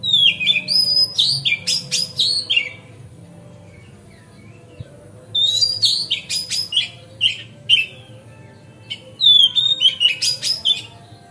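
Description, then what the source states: Oriental magpie-robin delivering three energetic bursts of clear whistles, trills and chattering notes, each lasting a few seconds, separated by pauses. Master song for tutoring other birds, terrace style.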